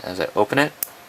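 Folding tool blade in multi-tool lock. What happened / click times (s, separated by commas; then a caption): The tool is being opened; no lock has clearly engaged yet / none. Someone talks while opening a folding tool blade out of a Victorinox SwissTool Spirit multi-tool, with a brief faint high-pitched handling sound near 0.8 s. The clip ends before the blade's lock engages, so nothing has seated or clicked yet.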